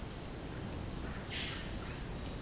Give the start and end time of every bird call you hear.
[1.20, 1.85] Cyanocorax violaceus (1.1-6.0 kHz)

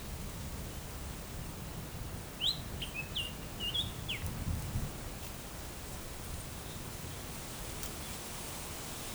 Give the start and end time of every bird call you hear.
[2.38, 4.20] Pachyramphus polychopterus (1.7-4.4 kHz)

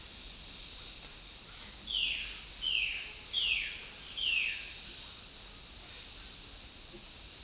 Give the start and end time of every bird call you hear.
[1.86, 4.69] Cyanocorax violaceus (1.2-4.3 kHz)

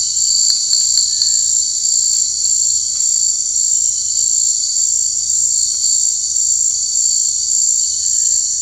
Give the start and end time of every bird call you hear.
[1.01, 1.65] Crypturellus cinereus (1.3-2.0 kHz)

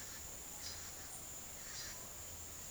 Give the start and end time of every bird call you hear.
[0.53, 2.71] Ramphocelus carbo (2.7-8.6 kHz)

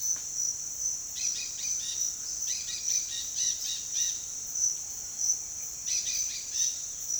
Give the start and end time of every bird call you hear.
[1.00, 6.72] Aratinga weddellii (1.4-11.0 kHz)

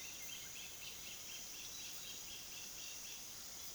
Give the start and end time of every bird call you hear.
[0.00, 3.21] Rupornis magnirostris (1.7-4.6 kHz)

